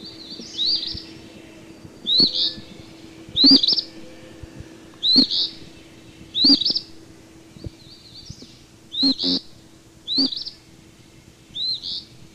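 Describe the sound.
Eastern phoebe repeating raspy fee-bee phrases over a steady low hum.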